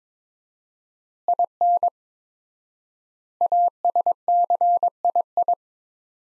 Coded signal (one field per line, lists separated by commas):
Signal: Morse code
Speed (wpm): 22 wpm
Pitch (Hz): 700 Hz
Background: none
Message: IN ASCII